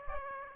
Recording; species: mosquito wingbeat signal from an infrared sensor; Aedes aegypti